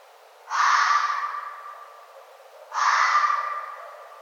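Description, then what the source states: Red fox giving two harsh, hoarse barks about two seconds apart, each loud at onset then fading into a drawn-out raspy tail. Recorded on 1 November 2011.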